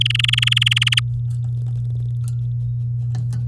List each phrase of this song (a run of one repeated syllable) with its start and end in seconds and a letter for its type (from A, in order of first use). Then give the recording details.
0.01-1.00 A. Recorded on 8 May 2018 at 08:04. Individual llb16